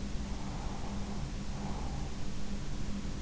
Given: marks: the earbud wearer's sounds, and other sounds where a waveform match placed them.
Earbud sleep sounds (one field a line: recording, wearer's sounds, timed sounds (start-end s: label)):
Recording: sounds in sleep by an in-ear microphone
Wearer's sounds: breath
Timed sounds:
0.22-2.11 s: breath